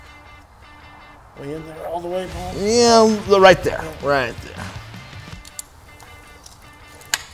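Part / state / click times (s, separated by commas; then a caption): timing gear and chain onto the engine's camshaft/crankshaft / seated / 7.1 s. A timing chain and gear set is slid together onto the camshaft and crankshaft of a Cadillac 390 V8 engine block while someone talks. A few faint taps follow, then the steel gear seats with a sharp snap at 7.1 s.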